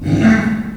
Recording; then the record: squeal of a Yucatan mini pig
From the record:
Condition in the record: after surgery on the right vocal fold (resection and tissue-engineered implant); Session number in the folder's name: 1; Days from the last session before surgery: 13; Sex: female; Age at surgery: 19 weeks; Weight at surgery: 25 kg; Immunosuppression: prednisolone